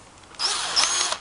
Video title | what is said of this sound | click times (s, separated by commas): cordless riveter | the drill into reverse rotate it to hear it click that's now ready to accept the rivet | 1.1 s